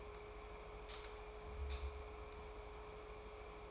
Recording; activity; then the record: daily activity, microphone in the room; light on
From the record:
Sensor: 1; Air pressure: 1010.3 hPa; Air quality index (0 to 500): 171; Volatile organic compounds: 12 ppm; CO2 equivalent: 2355 ppm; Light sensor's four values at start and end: 54/140/58/73 and 57/151/62/77